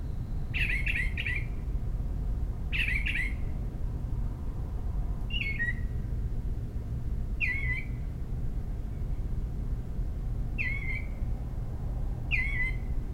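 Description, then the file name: Northern mockingbird uttering rasping, buzzy calls that drop in pitch, first in short clusters, then single notes repeated every few seconds, against a constant low rumble. Calls given in protest at a commotion, recorded at home in Maryland, USA, on 26 May 2012. "Northern Mockingbird Home MD 20120526 protesting commotion"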